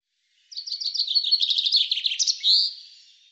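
Common chaffinch song, a quick descending cascade of repeated chirpy notes closed by a loud terminal flourish.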